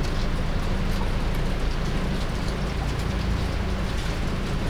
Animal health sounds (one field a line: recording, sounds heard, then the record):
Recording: poultry house recording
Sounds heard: healthy chickens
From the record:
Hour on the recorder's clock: 21